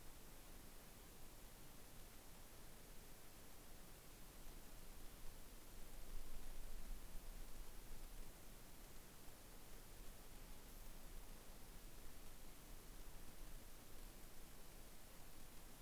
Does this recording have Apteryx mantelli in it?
no